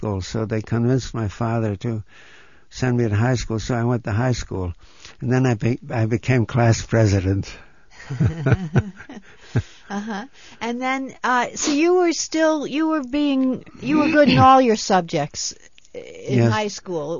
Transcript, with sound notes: So they convinced my father to send me to high school, so I went to high school. And then I became class president. ( they laugh )
Uh-huh. And then I, so you were still, you were being, you were good in all your subjects in high school.